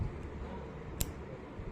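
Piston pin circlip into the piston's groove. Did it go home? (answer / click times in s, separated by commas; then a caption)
yes / 1.0 s. A mechanic fits the lock clip (circlip) that retains the piston pin into the groove of the metal piston on a Bajaj Pulsar 135 LS motorcycle engine. A single sharp metallic snap sounds at 1.0 s over a quiet background. The circlip locks into the groove and is seated.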